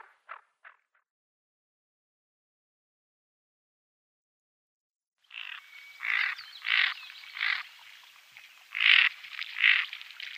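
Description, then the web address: Greater scaup calls: a few brief rasps at the start, a long silence, then several coarse growling notes to the end. Females. "Schulze Peter Greater Scaup females"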